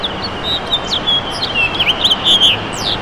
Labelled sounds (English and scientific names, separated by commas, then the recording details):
House Finch (Haemorhous mexicanus) song
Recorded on Long Island, New York, on 6 June 2011
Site FL
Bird A